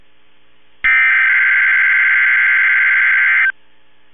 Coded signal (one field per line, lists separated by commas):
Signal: Emergency Alert System (SAME) tones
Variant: header bursts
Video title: Tornado Watch (EAS 1761)